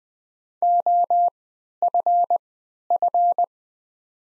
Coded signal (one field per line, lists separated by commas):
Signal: Morse code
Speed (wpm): 20 wpm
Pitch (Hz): 700 Hz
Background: none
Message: OFF